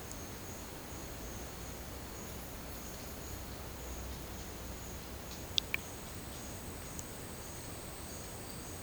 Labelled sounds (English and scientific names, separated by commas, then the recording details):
none
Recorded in dense forest near Puerto Asís, Putumayo, Colombia, on 24 March 2025 at 10:30
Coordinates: 0.481, -76.323
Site G088